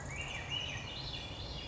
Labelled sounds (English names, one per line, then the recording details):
Swainson's Thrush
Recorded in Sonoma County, California